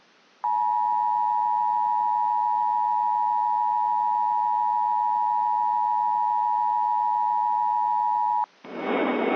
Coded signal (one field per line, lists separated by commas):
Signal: Emergency Alert System (SAME) tones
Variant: 853 and 960 Hz attention tone